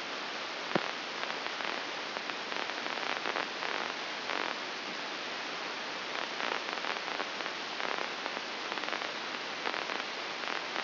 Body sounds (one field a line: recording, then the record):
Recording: brain microelectrode recording played as sound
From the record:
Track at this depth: outside the subthalamic nucleus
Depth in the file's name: 7.26 mm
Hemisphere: left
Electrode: 2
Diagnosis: Parkinson's disease